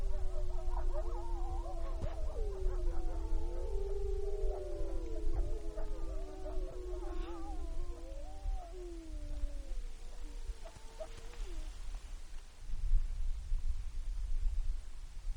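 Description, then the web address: Mammal chorus of howls with many wavering, sliding tones that slowly fall and fade out after about twelve seconds, leaving only low rumble. Recorded in Wrangell-St. Elias, Alaska, on 11 February 2017. "alaska MAMMALS WRSTBLMT 20170211 002212"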